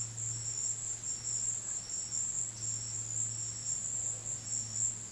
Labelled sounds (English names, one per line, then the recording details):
none
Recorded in secondary vegetation near Puerto Asís, Putumayo, Colombia, on 20 February 2024 at 14:00
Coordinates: 0.472, -76.331
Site G6371